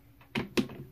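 After being lined up, the metal stage component of a Zeiss Photomicroscope II drops onto its mount on the microscope stand, with a faint tap near 0.2 s. It then lands with two sharp knocks at 0.4 s and 0.6 s, seating the stage in place.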